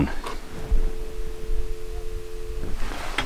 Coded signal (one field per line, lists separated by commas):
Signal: telephone call progress tone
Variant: North America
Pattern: dial tone